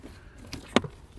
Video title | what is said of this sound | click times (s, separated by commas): BMW X3 Cabin Air Filter Replacement DIY (2018-2025 BMW G01 X3, G02 X4) | And then click in your pollen filter cover here. | 0.8 s